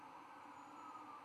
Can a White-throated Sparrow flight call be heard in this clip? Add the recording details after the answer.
no. No flight call is heard. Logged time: 01:08 on 24 November 2014